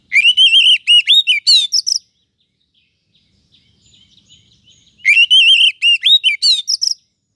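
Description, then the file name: Oriental magpie-robin singing two loud bursts of rich, rising and falling whistles about five seconds apart, with faint soft chatter between them. "Suara-Kacer-Versi-1"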